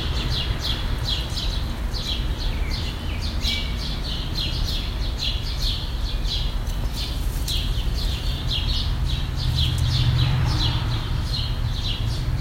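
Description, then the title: Birds give a fast, even series of high chirps over a steady low hum. "Birds Chirping Meditation"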